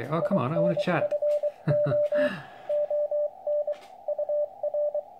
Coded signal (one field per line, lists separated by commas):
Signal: Morse code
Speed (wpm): 24 wpm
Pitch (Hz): 590 Hz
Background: speech, radio noise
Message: INFO ON UR